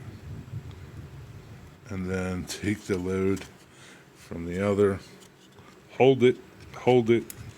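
A model HO scale lumber load is handled and held in place beside a model center beam car, with faint handling noises under the sound of someone talking. Nothing has seated or snapped in yet.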